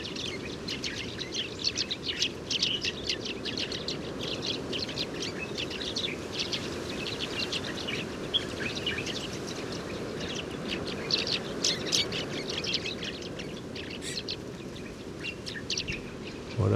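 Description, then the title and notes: Sudan golden sparrow flock giving a continuous stream of overlapping high chirps and twitters throughout, above a steady low background rumble. Family flocks, very common in oases, at Oued Enoicre, Tagant, Mauritania, 7 March 2019; birds gather at an evening roost; recorded in the morning with a Tlp7 and MixPre 3. "Moineau doré ou Moineau jaune - Mauritanie. 7 mars 2019-Oued Enoicre - Tagant - Mauritanie"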